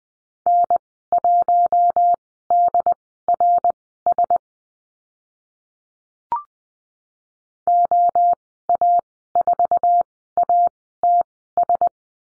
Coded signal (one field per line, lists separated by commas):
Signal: Morse code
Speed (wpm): 20 wpm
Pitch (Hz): 700 Hz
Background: none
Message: N1DRS OA4ATS